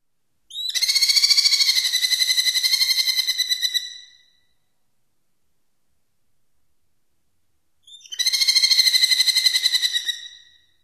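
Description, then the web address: Merlin giving a fast, grating series of repeated kee notes, one burst of over three seconds, then a pause and a shorter second chattering run. North America. "Songs of Birds of North America Stokes. Merlin"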